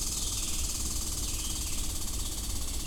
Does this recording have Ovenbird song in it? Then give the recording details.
no. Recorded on 22 June 2016 at 07:25. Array SBT-6-76